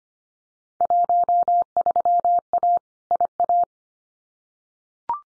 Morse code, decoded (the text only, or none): 13A IA